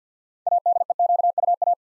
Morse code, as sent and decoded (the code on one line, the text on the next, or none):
.- -.. . --.- ..- .-
ADEQUA